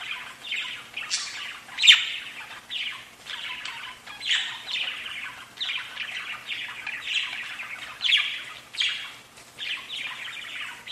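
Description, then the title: Budgerigar calls in a rapid series of scratchy chirps, one sharp louder squawk early on, then steady chattering bursts. "Budgie Sounds"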